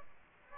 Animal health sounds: mosquito wingbeat signal from an infrared sensor; Aedes aegypti

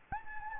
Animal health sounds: mosquito wingbeat signal from an infrared sensor; Anopheles gambiae

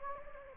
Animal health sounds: mosquito wingbeat signal from an infrared sensor; Anopheles gambiae

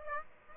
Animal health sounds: mosquito wingbeat signal from an infrared sensor; Aedes aegypti

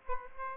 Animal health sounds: mosquito wingbeat signal from an infrared sensor; Aedes aegypti

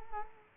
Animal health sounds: mosquito wingbeat signal from an infrared sensor; Culex quinquefasciatus

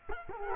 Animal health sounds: mosquito wingbeat signal from an infrared sensor; Culex quinquefasciatus

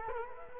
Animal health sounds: mosquito wingbeat signal from an infrared sensor; Culex quinquefasciatus

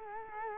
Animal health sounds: mosquito wingbeat signal from an infrared sensor; Culex quinquefasciatus

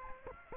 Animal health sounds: mosquito wingbeat signal from an infrared sensor; Aedes aegypti

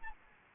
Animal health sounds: mosquito wingbeat signal from an infrared sensor; Anopheles arabiensis

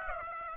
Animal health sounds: mosquito wingbeat signal from an infrared sensor; Aedes aegypti

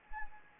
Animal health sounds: mosquito wingbeat signal from an infrared sensor; Anopheles gambiae

